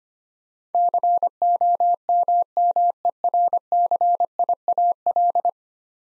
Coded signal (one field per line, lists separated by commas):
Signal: Morse code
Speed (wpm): 25 wpm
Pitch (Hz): 700 Hz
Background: none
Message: COMMERCIAL